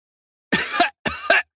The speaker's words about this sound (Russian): Откашливается чуть впереди